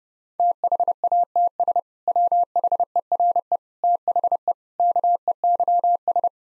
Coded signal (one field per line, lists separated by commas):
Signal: Morse code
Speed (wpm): 30 wpm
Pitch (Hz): 700 Hz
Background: none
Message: THATS WHERE THE KEYS